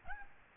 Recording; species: mosquito wingbeat signal from an infrared sensor; Aedes albopictus